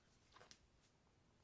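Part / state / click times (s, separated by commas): protective case onto a folding smartphone / seated / 0.5 s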